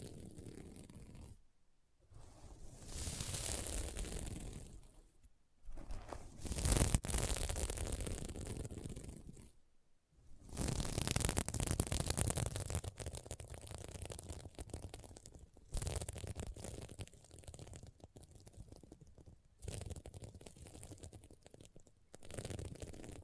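Fingers scratch and brush across a sequined pillow in crisp passes, each stroke a dense, bright rasp of tiny clicking scales. The strokes last a few seconds each, separated by brief silences near 2, 5.5 and 10 seconds, with the loudest pass around 7 seconds.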